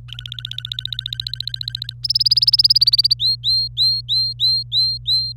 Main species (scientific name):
Serinus canaria